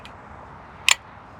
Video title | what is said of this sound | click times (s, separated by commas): 😱Tesla Supercharger + 5ft Extension: Genius or FIRE HAZARD? | You hear it locks in. | 0.9 s